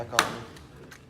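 After a bit change on a Festool Domino joiner, the plastic/metal front head is handled near the tool's motor housing while someone talks, with a sharp knock near the start and a faint tap later on. The head has not yet been pushed back on, so nothing has seated or clicked locked yet.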